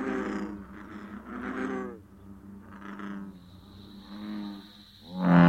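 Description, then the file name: American bullfrog giving deep, droning croaks that rise and fall in several long pulses, with a steady high whine joining partway through. "rana catesbeiana"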